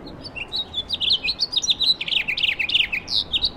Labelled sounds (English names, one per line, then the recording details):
House Finch song
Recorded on Long Island, New York, on 17 May 2012
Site AB
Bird C